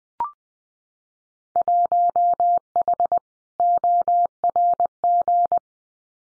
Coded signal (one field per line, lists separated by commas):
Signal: Morse code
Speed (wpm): 20 wpm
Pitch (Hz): 700 Hz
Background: none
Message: 1H ORG